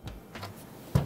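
An expansion card is pressed into a motherboard slot, with soft scraping and pressing sounds early on. The card's small latch clicks home at 0.96 s with a sharp, low thump, and the card is confirmed seated.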